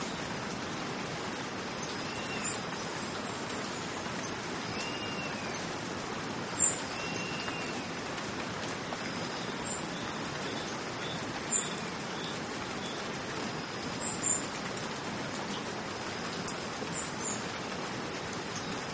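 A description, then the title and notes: Steady rain falls in a dense, even hiss that stays level from start to finish, with fuller low texture underneath. A few sharp, bright ticks cut through now and then, around seven, ten, twelve and fourteen seconds, like single drops striking something. 8 Hours of Soothing Rainstorm. The rhythmic patter of raindrops.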